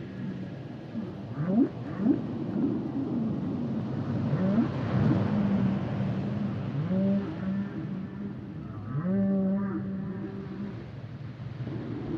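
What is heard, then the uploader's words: Humpback whale song fills the recording with rising moans and upward-swooping calls, some short and repeated near two and four seconds. Later come longer, steadier tones with bright overtones around seven and nine seconds, over a constant low rumbling hiss. The songs and sounds of the humpback whale.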